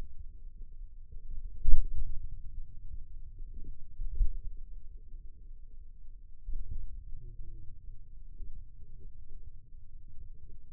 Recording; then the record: forearm muscle sounds (acoustic myography)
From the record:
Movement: pen grasping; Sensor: system 2, bracelet of six BSWA MPA416 microphones around the upper forearm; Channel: 6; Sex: male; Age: 22 years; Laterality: right